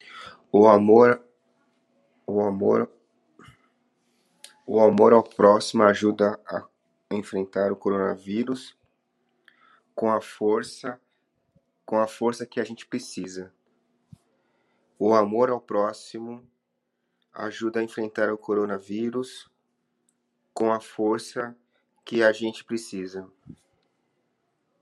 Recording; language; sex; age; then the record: spoken sentence; Brazilian Portuguese; male; 40 to 49 years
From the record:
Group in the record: control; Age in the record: 41 years